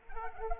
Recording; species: mosquito wingbeat signal from an infrared sensor; Anopheles arabiensis